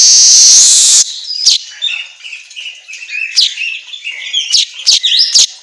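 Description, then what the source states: Asian golden weaver song opening with a second of loud hiss, then a scratchy, wheezy chatter of twisting high notes broken by sharp clicks. Song track meant for training songbirds, labelled in Indonesian as an auto gacor recording.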